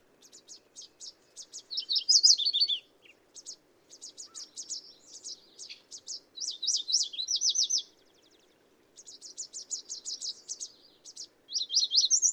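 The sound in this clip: Bird song of high, quick chirp series broken by louder trilled phrases, with a brief pause before the chirping resumes; a soft low hum runs underneath.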